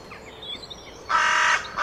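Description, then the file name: Carrion crow uttering one loud, grating caw after quiet background chirping, with the start of a second caw cut off at the end. "Corvus corone"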